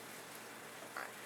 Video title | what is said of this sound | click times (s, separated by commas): HitGuns.com - Airsoft Gun Guide - CM-022 AK47 Airsoft Gun Basics Tutorial | it should snap into place just like that. Alright. | 1.0 s